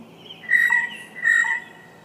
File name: Blue Jay - Cyanocitta cristata